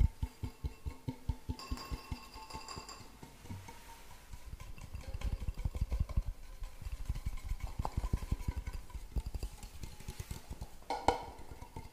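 Rapid tapping fills the clip, a dense run of sharp knocks that grows busier and louder from about four seconds on. A brief steady whine rings near two seconds, and a brighter cluster of hits stands out around eleven seconds.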